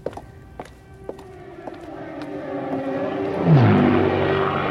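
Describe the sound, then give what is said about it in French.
A Luftwaffe propeller bomber bombing England in 1940–1941 drones steadily, its engine hum swelling louder over several seconds, with a few sharp taps and clicks at the start. “De septembre 1940 à mai 1941, les avions de la Luftwaffe bombardent sans relâche l'Angleterre, qui résiste avec bravoure et détermination.”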